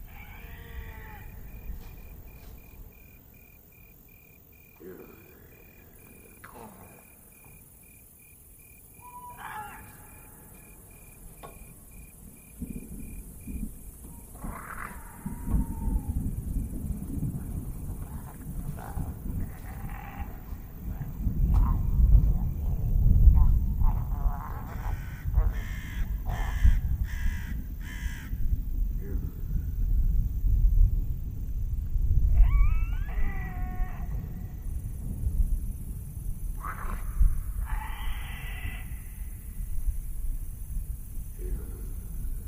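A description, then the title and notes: A dark village ambience with a low rumbling drone that swells louder after about fifteen seconds and stays heavy to the end. Animal-like calls and yowls break through now and then, along with a faint steady ticking tone in the first half. Lost in the dark village Asmr ambience.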